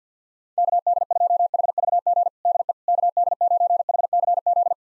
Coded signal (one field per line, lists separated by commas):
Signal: Morse code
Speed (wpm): 50 wpm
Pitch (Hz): 700 Hz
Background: none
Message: KD2HVG DE KD9HCZ